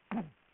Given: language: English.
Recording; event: throat vibration sensor signal played as sound; throat clearing